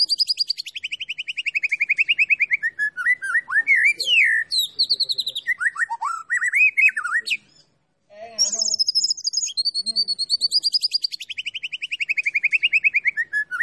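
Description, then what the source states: White-rumped shama song: long descending trilled runs and twisting whistled phrases, a short gap, then a high trill sliding steadily downward. Masteran training recording for songbirds, from a champion bird.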